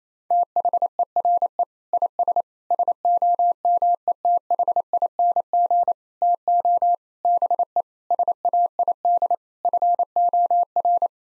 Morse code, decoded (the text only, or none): THERE IS SOMETHING TO BE SAID FOR